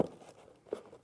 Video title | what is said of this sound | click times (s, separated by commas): 12/09/2022 TillyViktor & Crafters Companion | it then locks in and | 0.7 s